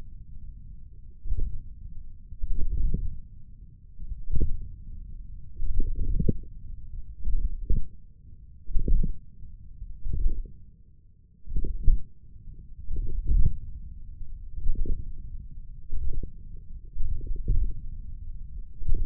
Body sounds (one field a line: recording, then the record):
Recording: forearm muscle sounds (acoustic myography)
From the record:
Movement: wrist extension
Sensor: system 1, eight BSWA MPA416 microphones around the upper forearm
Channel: 5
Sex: male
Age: 28 years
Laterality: right